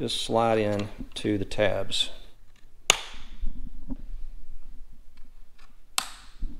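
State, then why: Seated. Plastic push pins on a fender flare for a 3rd gen 4Runner are slid into the tabs on the truck body and pressed in while someone talks. Sharp snaps are heard at 2.9 s and 6.0 s as the retaining pins click home and the flare seats into place.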